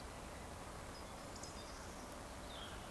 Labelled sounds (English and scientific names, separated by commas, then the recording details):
Eurasian Woodcock (Scolopax rusticola) whistle
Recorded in Baden-Württemberg, Germany, on 15 June 2020 at 19:48 UTC
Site 14569, 102 m above sea level